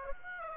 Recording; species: mosquito wingbeat signal from an infrared sensor; Aedes aegypti